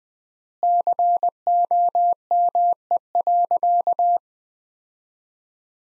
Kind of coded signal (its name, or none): Morse code